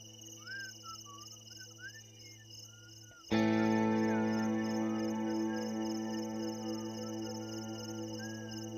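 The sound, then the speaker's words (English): Crickets chirp in a steady, high-pitched trill with a few faint bird-like calls, then a louder sustained tonal hum suddenly swells in about a third of the way through and continues underneath. “what it's like right now. It's crickets.”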